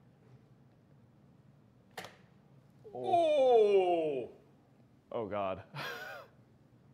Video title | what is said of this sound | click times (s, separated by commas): Intel Mod Monday – Giveaways + $3500 PC Build in the ASUS TUF GT301 (12900 K / 3080) | So that was a good, solid click right there. | 2.0 s